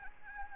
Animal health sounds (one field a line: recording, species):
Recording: mosquito wingbeat signal from an infrared sensor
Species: Anopheles arabiensis